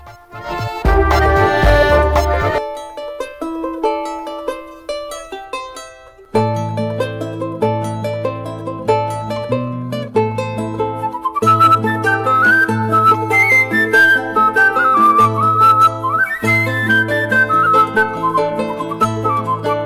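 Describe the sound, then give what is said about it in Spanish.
Classic instrumental tango plays with a reedy, singing melody over a pulsing bass line. After a busy opening flourish it thins briefly to one sustained note, then the full ensemble returns, steady and fairly loud. “Vamos a escuchar este tango y después me dice Marcelino a ver qué le pareció.”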